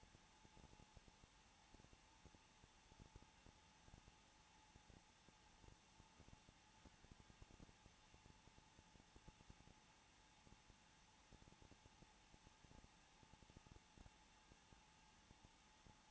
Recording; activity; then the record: daily activity, microphone in the room; no activity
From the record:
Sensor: 1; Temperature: 20.2 degrees Celsius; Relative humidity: 35.7%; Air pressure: 994.5 hPa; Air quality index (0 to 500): 182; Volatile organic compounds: 7 ppm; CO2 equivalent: 1999 ppm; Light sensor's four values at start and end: 1/2/1/1 and 1/2/1/1